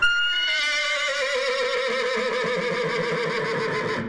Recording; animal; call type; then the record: contact call of a hoofed animal; horse; whinny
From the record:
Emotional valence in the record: negative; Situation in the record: group separation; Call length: 4.1 s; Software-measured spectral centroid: 2670 Hz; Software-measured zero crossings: 3120 a second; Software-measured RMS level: -24 dBFS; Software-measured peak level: -10 dBFS